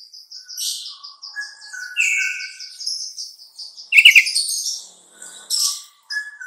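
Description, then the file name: Sooty-headed bulbul song: a run of quick high chirps, then short whistled phrases near the middle, a loud burst of sharp notes, and more whistles at the end. Song style called trucukan. "suara kutilang trucukan"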